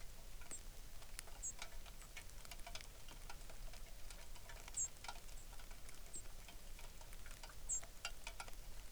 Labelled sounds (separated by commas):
songbird, rain